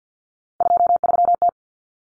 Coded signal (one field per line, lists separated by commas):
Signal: Morse code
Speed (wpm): 50 wpm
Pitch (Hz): 700 Hz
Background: none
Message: 23T